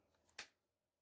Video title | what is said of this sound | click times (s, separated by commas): Cambio 2 in 1 unboxing | into place nice and easy it's got a solid satisfying click so | 0.4 s